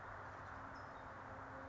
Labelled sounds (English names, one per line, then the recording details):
California Towhee
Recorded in Sonoma County, California